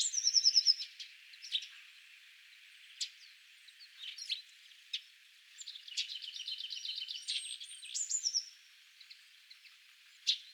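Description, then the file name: Eurasian blue tit song: a fast trill near the start, then scattered softer notes and another trill around eight seconds. "Cyanistes caeruleus"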